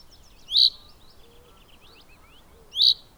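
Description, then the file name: Common chaffinch calling twice, each a brief bright note about two seconds apart, with soft twittering in between. "Fringilla coelebs"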